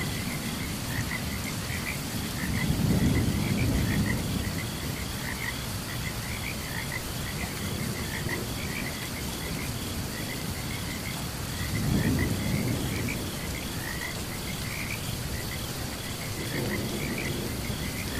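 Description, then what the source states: Frogs keep up a continuous chirping under constant rain, with a few bursts of thunder. Chirping during a thunderstorm.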